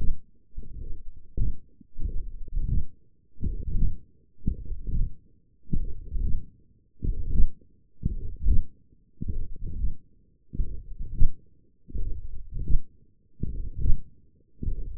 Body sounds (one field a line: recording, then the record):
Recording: forearm muscle sounds (acoustic myography)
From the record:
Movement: hand closing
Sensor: system 1, eight BSWA MPA416 microphones around the upper forearm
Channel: 3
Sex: male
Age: 21 years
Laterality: right